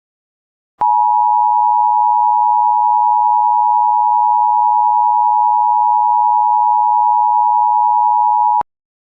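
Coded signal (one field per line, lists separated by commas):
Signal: Emergency Alert System (SAME) tones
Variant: 853 and 960 Hz attention tone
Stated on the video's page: Simulated zombie warning remake, made with Filmora 9.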